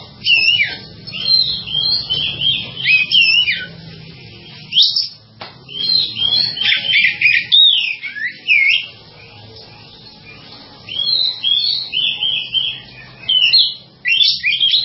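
Bird song: runs of fast, varied high twittering phrases separated by brief pauses.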